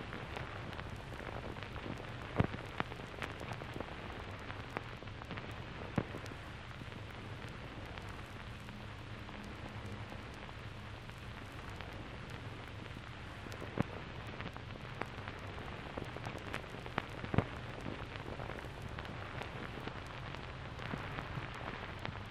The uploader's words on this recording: Calming Music with Vinyl Record Sounds. This episode is: atmosphere repetitive music on a bed of the soothing noise of a vinyl record.